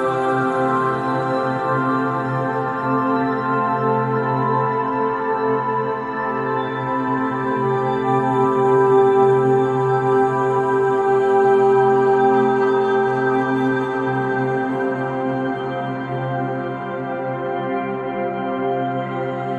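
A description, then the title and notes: Binaural beats form a steady, sustained drone of many layered tones, from a low hum up through bright upper tones, with a faint shimmer on top. One middle tone swells and brightens through the middle seconds, then fades back as the level stays nearly even. Binaural Beats.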